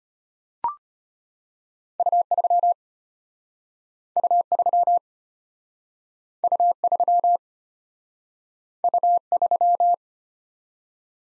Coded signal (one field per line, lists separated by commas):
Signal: Morse code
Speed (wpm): 34 wpm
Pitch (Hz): 700 Hz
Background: none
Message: U3 U3 U3 U3